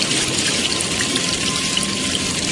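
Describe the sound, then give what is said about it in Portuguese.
Steady rain pours down in a continuous, even hiss, with faint patters of drops scattered through the dense wash of sound and no voices, falling in daytime over a dirt road between Cachoeiro de Itapemirim, Espírito Santo, and Mantena, Minas Gerais, in Brazil. “E a estrada de terra era muito difícil e, para complicar o trajeto, estava chovendo.”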